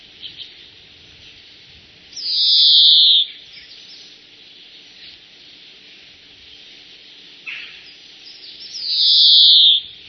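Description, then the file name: European greenfinch giving two long, drawn-out nasal wheezes, each about a second long, over a steady background hiss. "groenling"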